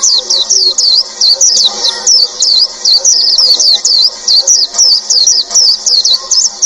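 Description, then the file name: White-eye song, a hurried jumble of very high, squeaky twisting notes delivered in a steady, nonstop chatter, with soft low noise behind. "tieng chim vanh khuyen"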